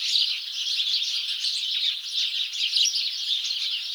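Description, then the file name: House sparrows chirping together, a brief burst of dense, overlapping bright chirps without a break. "Passer domesticus"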